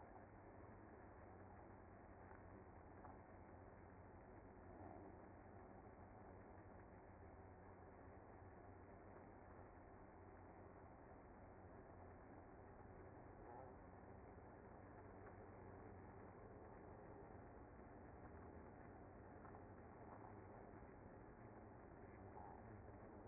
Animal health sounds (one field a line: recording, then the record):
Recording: honeybee colony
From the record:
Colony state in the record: active